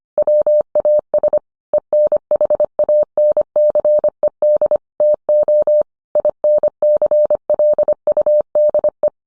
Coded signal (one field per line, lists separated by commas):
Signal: Morse code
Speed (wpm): 25 wpm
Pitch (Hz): 600 Hz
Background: none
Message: WAS ENHANCED TO INCLUDE